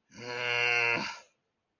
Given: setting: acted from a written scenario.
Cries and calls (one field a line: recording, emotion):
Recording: vocal sound without words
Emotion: anger